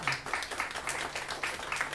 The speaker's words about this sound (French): Donc on applaudit très fort nos intervenantes.